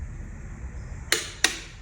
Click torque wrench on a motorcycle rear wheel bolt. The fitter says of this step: you hear the torque wrench click don't go any further